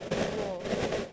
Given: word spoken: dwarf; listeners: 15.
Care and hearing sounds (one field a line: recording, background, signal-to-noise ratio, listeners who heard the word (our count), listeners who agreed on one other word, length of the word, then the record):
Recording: one English word in noise, from a listening test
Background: noise modulated by three-talker babble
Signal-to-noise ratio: -8.0 dB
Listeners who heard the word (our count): 0 of 15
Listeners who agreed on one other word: 7 of 15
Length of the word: 0.73 s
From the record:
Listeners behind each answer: 7, 3, 1, 1, 1, 1, 1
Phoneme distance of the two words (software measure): 14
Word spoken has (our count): 1 syllable, 4 phonemes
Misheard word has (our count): 1 syllable, 2 phonemes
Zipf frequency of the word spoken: 3.59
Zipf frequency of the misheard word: 5.34